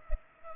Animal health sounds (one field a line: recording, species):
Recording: mosquito wingbeat signal from an infrared sensor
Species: Culex pipiens